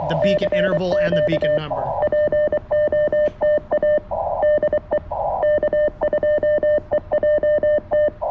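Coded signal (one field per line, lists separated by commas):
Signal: Morse code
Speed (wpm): 25 wpm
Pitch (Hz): 600 Hz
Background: speech, radio noise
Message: CQ POTA DE K2EJT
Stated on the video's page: CW sent during a POTA park activation using the CFT-1, a five-band QRP CW rig for 40, 30, 20, 17 and 15 m.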